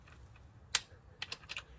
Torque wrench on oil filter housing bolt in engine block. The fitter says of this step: That's done. It's 22 Newton meters. I heard the click.